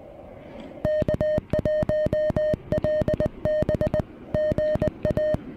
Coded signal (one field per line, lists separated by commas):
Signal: Morse code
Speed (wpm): 20 wpm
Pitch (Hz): 610 Hz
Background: music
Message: K1LB GA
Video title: SOTA and Stunning Views: Breaking in the Venus SW-3B on Dogback Mountain!